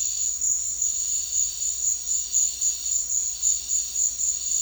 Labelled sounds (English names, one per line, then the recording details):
none
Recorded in secondary vegetation near Puerto Asís, Putumayo, Colombia, on 8 March 2025 at 14:30
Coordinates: 0.499, -76.323
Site G094